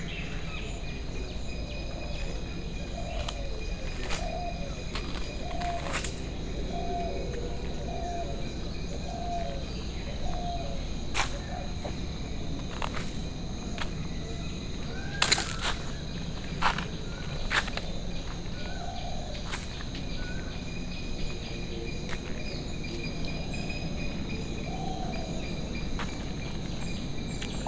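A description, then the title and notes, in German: A dense jungle soundscape, with a steady layer of insects shrilling on several high pitches throughout and a low rumble underneath. Short repeated bird calls come in the first third, and sharp cracks and snaps break in every few seconds, loudest around fifteen seconds. Immersive Binaural 3D Sounds of Haritha Villas+Spa - Hikkaduwa, Sri Lanka. Die akustische Welt des Dschungels.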